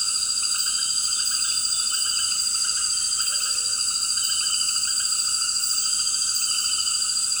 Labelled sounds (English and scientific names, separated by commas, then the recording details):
none
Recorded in dense forest near Puerto Asís, Putumayo, Colombia, on 21 February 2024 at 18:30
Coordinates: 0.481, -76.318
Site G6421